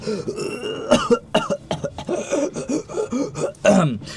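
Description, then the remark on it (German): A voice imitates coughing and retching from breathing in a foul-smelling stench, in a rapid series of harsh, choppy bursts and gagging sounds, with a louder strained heave near the end. “Du wirst deine Action die nächste Runde mit Husten und Kotzen verbringen, weil du Opfer der Stinking Cloud wurdest.”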